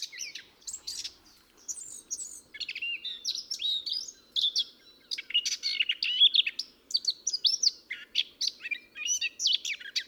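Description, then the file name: Eurasian blackcap singing a fast warble of mixed scratchy and clear notes, with a short lull near the start and then carrying on almost without a break. "Sylvia atricapilla"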